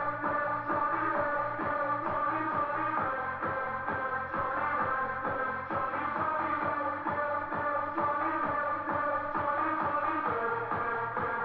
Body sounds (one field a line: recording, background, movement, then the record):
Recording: deep breathing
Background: music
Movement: sitting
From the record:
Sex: female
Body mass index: 18.8 kg/m2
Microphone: on the chest, facing the body